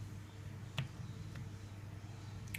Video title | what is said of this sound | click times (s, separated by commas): турбодекодер ВАГ 1 генерация | средното колело чува се едно ощо тракване то се прибира докрай | 2.6 s